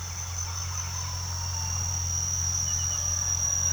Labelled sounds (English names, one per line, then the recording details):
none
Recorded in pastures near Puerto Asís, Putumayo, Colombia, on 4 March 2025 at 06:00
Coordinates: 0.497, -76.327
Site G072